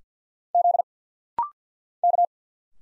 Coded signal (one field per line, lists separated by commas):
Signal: Morse code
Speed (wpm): 50 wpm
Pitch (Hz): 700 Hz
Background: none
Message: Z K